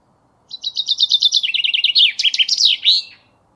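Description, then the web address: Common chaffinch song, a cascade of quick repeated notes falling through several phrases before a sharp terminal flourish, over a quiet background. "Deverinetal"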